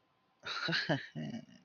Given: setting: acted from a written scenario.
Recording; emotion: vocal sound without words; pride